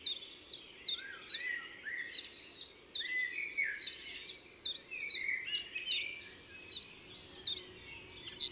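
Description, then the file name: Common chiffchaff song throughout: many sharp, descending high notes in a regular chain, with quieter lower bird calls and low steady hum underneath. Recorded in the Drôme, France, for the album Concerts naturels de la Drôme by Studio les Trois Becs. "Pouillot veloce Concerts Naturels de la Drome Studio les Trois Becs"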